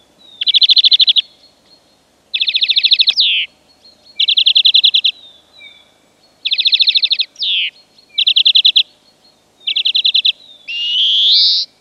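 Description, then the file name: European greenfinch calls: a series of rapid rattling trills, two ending in a quick downward slur, closing with a long, nasal, rising wheeze. "Chloris chloris"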